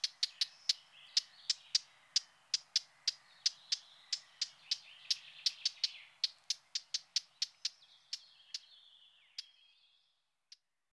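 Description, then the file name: Eurasian blackcap giving hard, dry tack notes, sharp clicks repeated about three times a second for roughly ten seconds, spacing gradually widening toward the end. "Fauvette-à-tête-noire"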